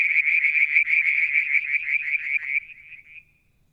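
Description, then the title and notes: Frog trill: a single rapid, high pulsed call held steady for about two and a half seconds, then fading away and stopping. One evening near the water tank at Mount Wilson, New South Wales, Australia, July 2022. "Frog song, Mount Wilson, New South Wales, Australia in July 2022 – by Alexander Moffatt. Limnodynastes Peronii, Litoria Verreauxii and a mystery frog one evening near the water tank"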